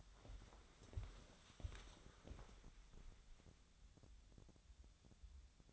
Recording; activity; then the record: daily activity, microphone in the room; walk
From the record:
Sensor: 3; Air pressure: 1015.3 hPa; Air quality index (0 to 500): 120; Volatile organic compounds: 4 ppm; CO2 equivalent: 1692 ppm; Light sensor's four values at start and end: 14/37/14/15 and 14/36/14/15